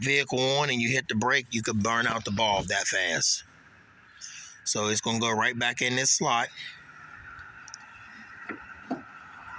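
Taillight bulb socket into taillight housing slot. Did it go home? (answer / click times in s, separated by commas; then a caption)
no / none. Someone talks while handling the taillight bulb socket of a 2020 Dodge Ram BigHorn pickup truck, with the bulb kept from bare hands because skin grease can burn it out, as the socket is guided back toward its slot in the plastic taillight housing. After the talk, a quiet hum runs under a few faint ticks and taps. Nothing has seated or snapped into place yet.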